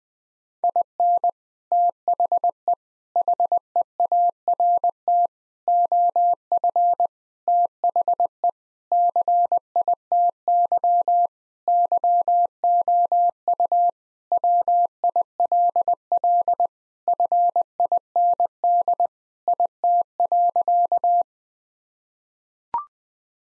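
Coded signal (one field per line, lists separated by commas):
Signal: Morse code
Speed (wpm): 20 wpm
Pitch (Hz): 700 Hz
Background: none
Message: IN THE HEART OF THE CITY YOU WILL FIND IT.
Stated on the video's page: Morse sentence-copying drill at 20 wpm using common three-word phrases; each sentence sent, spoken, then sent again.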